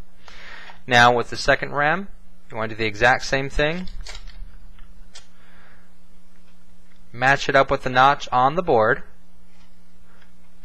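The second RAM module for an Acer Aspire 5742Z laptop is lined up with the notch on the board at its memory slot before being pushed in, while someone talks. Small handling taps are heard around 4.1, 4.3, 4.8 and 5.2 seconds. The module has not seated or clicked yet.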